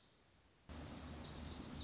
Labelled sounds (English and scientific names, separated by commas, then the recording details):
Lazuli Bunting (Passerina amoena)
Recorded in Sonoma County, California